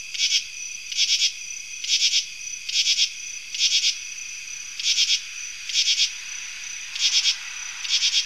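Northern true katydid giving raspy, rattling bursts of a few pulses each, roughly once a second, against a constant background drone of insects.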